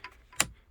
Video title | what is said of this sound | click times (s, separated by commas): First Bronco Upgrade! Auto Start/Stop Eliminator: Gives feature a memory! | make sure it clicks | 0.4 s